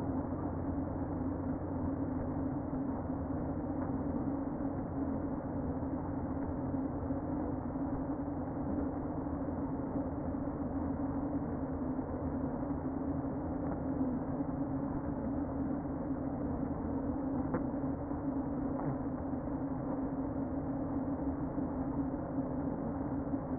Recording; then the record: honeybee colony, microphone inside the hive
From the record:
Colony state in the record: queen present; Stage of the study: before two queens were removed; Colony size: about 60,000 bees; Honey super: yes